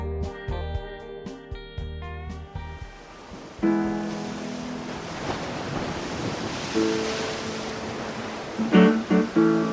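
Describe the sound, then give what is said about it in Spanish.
Ocean waves wash onto a beach at Mar del Plata at dawn in a steady, rushing roar that swells and recedes, following a few seconds of plucked, melodic music that lingers softly beneath the surf. “Es el 10 de febrero de 2006, en una playa de Mar del Plata.”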